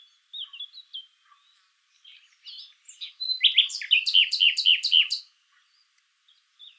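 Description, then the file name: Common nightingale song beginning with soft scattered whistles, then a loud run of rapidly repeated chirping notes lasting about two seconds. "Luscinia megarhynchos"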